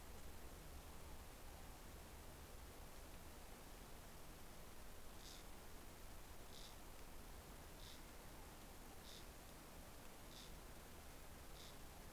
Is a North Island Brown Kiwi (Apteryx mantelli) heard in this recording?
no